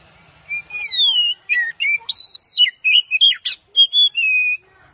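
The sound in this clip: Oriental magpie-robin giving a bright whistled phrase: a long descending whistle, quick ringing notes and a sharp high flourish, ending on a steady sustained whistle.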